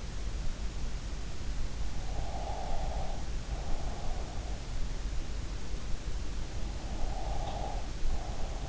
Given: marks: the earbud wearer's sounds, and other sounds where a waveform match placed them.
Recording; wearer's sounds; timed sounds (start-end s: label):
sounds in sleep by an in-ear microphone; breath
2.16-4.15 s: breath
6.95-8.69 s: breath